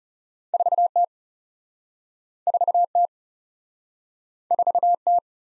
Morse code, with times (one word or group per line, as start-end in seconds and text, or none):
0.5-0.9 4
1.0-1.0 T
2.5-2.8 4
3.0-3.1 T
4.5-4.9 4
5.1-5.2 T